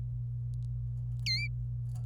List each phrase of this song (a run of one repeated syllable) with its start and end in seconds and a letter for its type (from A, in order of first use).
1.26-1.48 A